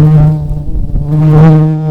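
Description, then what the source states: Red-tailed bumblebee buzzing, a steady low hum with stacked harmonics that wavers and dips briefly near the middle before steadying again. Queen red-tailed bumblebees.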